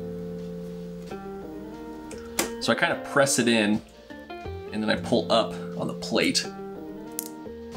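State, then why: Seated. A mechanical keyboard switch is pressed into the metal plate of a Mode Eighty keyboard, and the plate is then pulled up while someone talks over background guitar music. At 7.2 s a sharp click sounds as the switch's retaining teeth grab the plate edge, and the switch is seated.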